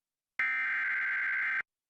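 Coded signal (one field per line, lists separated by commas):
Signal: Emergency Alert System (SAME) tones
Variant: header bursts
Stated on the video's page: Severe thunderstorm warning alert aired over a TV station's broadcast during a children's program.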